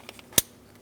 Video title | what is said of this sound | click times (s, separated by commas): How to Replace Dual Radiator & Condenser Fan Assembly 2015-2025 Ford Transit 250 3.7L V6 | Audible click from that. And it's secure. | 0.4 s